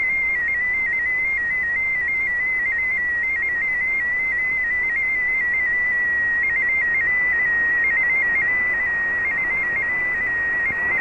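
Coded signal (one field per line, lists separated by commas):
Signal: multi-tone FSK (Olivia or MFSK type)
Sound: fast, warbling, stepping single tone around 2 kHz, like a rapid random melody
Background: shortwave radio static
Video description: Here is my decode of the Shortwave Radiogram broadcast today on 15770Khz shortwave radio at 1300UTC in MFSK16, 32 and 64 and with 8 SSTV images.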